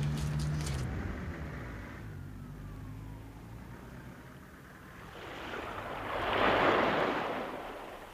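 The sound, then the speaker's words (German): Sea surf rushes steadily below the edge of a plateau, then a wave swells into a louder broad wash before easing off, with a low engine hum drifting up through the calm air at the very start and no voices. “Noch ehe wir den Rand des Plateaus erreichten, sahen wir das Meer und in weiterer Ferne ein verschlafenes Felsmassiv im klaren Wasser.”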